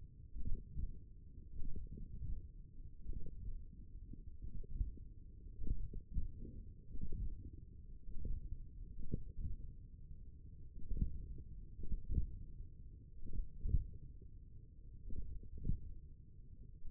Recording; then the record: forearm muscle sounds (acoustic myography)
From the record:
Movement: tripod grip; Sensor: system 1, eight BSWA MPA416 microphones around the upper forearm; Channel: 1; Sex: male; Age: 42 years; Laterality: right